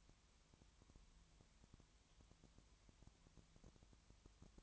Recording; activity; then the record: daily activity, microphone in the room; no activity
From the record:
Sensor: 3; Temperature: 20.5 degrees Celsius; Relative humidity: 33.0%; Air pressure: 1003.2 hPa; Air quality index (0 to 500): 105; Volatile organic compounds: 2 ppm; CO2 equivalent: 1068 ppm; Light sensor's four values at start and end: 2/3/2/2 and 2/3/2/2